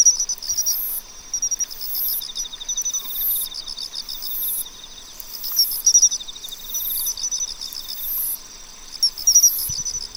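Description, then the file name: Pine cricket chirping in short bright notes, mixed with rhythmic insect trills and high buzzing phrases recurring throughout. "Matsumushi"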